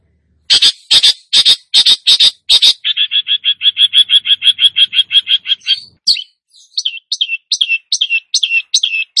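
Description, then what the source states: Long-tailed shrike song: six harsh, broad rasping bursts, then a fast steady chatter of short notes, ending in varied sharp whistled phrases. Singing vigorously, described as gacor.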